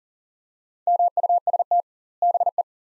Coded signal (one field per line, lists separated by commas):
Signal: Morse code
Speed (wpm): 40 wpm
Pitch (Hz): 700 Hz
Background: none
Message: MUST BE